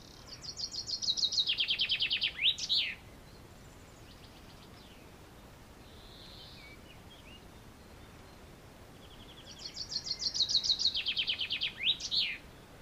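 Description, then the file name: Common chaffinch song: two descending trilled phrases, each about three seconds, ending in a sharp flourish, separated by a quiet gap with a few faint high notes. "Fringilla coelebs"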